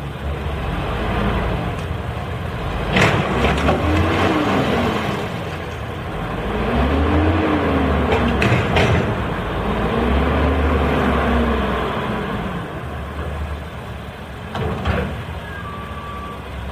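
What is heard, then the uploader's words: A garbage truck's engine rumbles low and steady, rising and falling in pitch in slow arcs about every three seconds as it revs and eases off. Sharp metallic clanks and knocks break through near 3, 8.5 and 15 seconds. Garbage Trucks.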